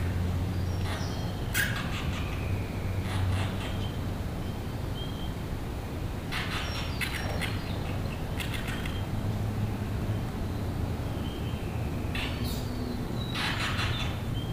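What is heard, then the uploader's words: Inside the old rail tunnel, a steady low rumble runs throughout, like a distant train. Bursts of sharp, high squeaks and clicks, from the bats, come every few seconds, with clusters near the start, middle and end, and faint thin whistles between them. On a Zoom F3 with an Audio Technica BP4025 stereo microphone. Micro bat (large footed myotis bat) sounds and voice reflections from inside the disused (since 1932) Dularcha Rail Tunnel, Mooloolah, Queensland, Australia.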